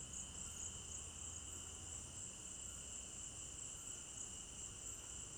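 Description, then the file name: Cricket chorus, steady and high-pitched, with a second, lower trilling band, over a faint low rumble. Crickets at night in an African village garden; recorded in stereo binaural. "African-Village Garden Night Crickets 01 Stereo-Binaural"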